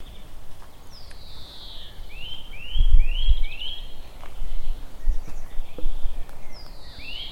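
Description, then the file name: Eurasian nuthatch calls: a quick series of four rising, whistled notes near the middle, with a longer descending whistle at the start and another near the end, over low background noise. "Sitta europaea"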